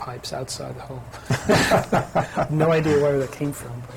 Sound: mutual laughter